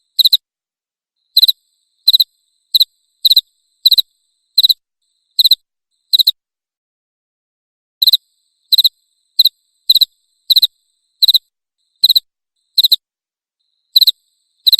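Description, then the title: Cricket chirping in sharp pulsed bursts, a steady series broken by a gap of nearly two seconds, then continuing at the same pace. Loud cricket chirping meant to make a lovebird keep singing (ngekek). "Suara JANGKRIK NGERIK Keras Bikin LOVEBIRD Jadi NGEKEK Terus Vubey"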